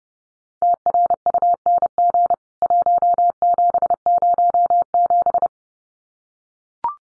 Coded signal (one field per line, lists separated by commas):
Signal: Morse code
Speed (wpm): 30 wpm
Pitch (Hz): 700 Hz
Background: none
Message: TRUNG 1707